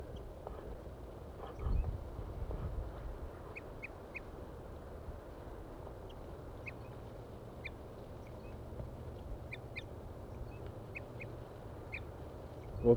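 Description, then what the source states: Crossbill toop calls, faint brief notes in scattered pairs and short series, against a constant low rumbling noise with a few louder thumps. A male and female together in trees, both tooping.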